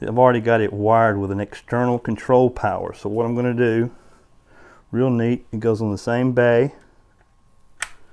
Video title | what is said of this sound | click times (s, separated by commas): How to replace a Square D MCH Spring charging Motor for Masterpact NW Circuit Breaker | clicks right into i'm already set up to charge and run the motor | 7.8 s